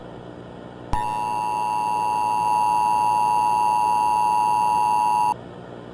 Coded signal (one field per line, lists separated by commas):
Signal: Emergency Alert System (SAME) tones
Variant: 853 and 960 Hz attention tone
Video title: Mass Disappearances [EAS Scenario/Analog horror] - Foxtrot Foundation